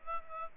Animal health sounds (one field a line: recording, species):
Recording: mosquito wingbeat signal from an infrared sensor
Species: Aedes aegypti